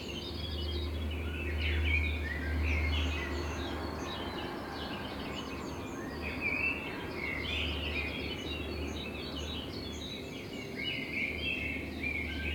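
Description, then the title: Common blackbird singing short warbled phrases, with a low background rumble. Binaural recording made with a homemade dummy head, of a blackbird in front of the recordist's window; intended for headphone listening. "Kunstkopfaufnahme der Amsel vor meinem Fenster"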